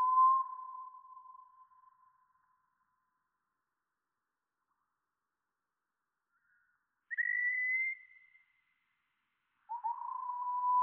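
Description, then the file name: Wallcreeper calls, slowed down: a long, level whistled tone that fades out, then a higher drawn-out whistle, then another low steady whistle after a pause. "TICHODROME RALENTI"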